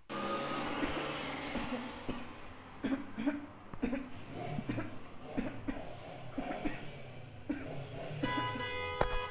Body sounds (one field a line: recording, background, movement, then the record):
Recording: throat clearing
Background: traffic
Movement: walking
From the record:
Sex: female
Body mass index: 36.4 kg/m2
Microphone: on the chest, facing outward